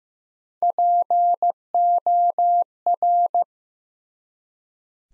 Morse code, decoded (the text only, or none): POR